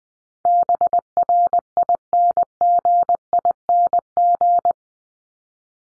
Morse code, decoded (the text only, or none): BRINGING